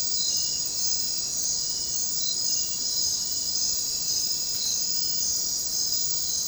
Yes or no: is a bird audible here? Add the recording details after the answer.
no. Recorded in secondary vegetation near Puerto Asís, Putumayo, Colombia, on 9 March 2025 at 03:30. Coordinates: 0.484, -76.319. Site G010